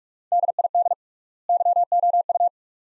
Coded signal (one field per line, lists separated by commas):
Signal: Morse code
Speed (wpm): 42 wpm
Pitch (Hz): 700 Hz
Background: none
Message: DID YOU